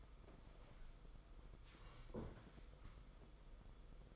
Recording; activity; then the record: daily activity, microphone in the room; sit down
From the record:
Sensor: 5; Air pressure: 990.7 hPa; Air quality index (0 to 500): 150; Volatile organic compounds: 164 ppm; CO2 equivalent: 4081 ppm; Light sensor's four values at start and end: 43/130/50/53 and 43/131/50/54